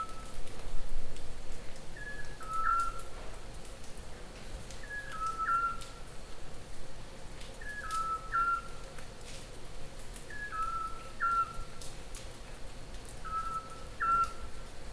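Scops owl giving short whistled hoots at a steady pace, five in all, over a low background hum.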